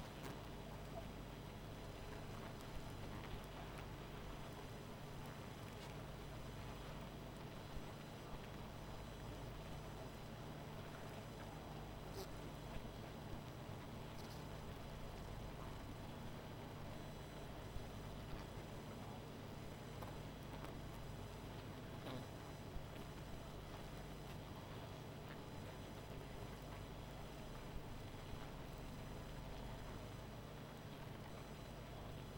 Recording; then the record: honeybee colony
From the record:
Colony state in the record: missing queen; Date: 14 July 2017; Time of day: 20:00